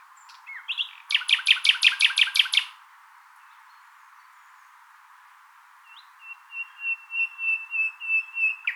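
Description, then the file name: Common nightingale song: a fast rattling burst of repeated notes, a pause, then a series of pure whistled notes. "Luscinia megarhynchos"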